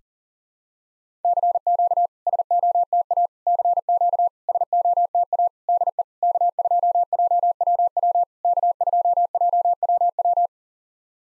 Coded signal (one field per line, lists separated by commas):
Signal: Morse code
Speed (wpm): 40 wpm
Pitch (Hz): 700 Hz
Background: none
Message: CQ SOTA CQ SOTA DE K2JWW K2JWW